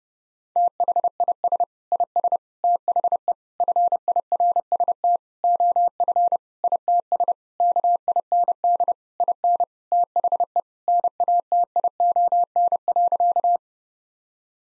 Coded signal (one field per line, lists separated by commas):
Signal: Morse code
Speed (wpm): 30 wpm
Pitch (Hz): 700 Hz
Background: none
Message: THIS IS THE FIRST OF ITS KIND IN THE NATION.